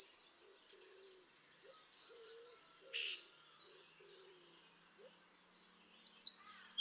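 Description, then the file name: Eurasian wren high, thin, rapid calls in short sharp bursts at the start and again near the end, with faint soft notes in between. "Troglodytes troglodytes"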